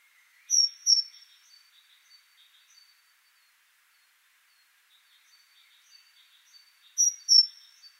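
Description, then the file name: Great tit calls: a pair of sharp high notes at the start and another pair near the end, with soft, faint chattering notes filling the pause. "Parus major"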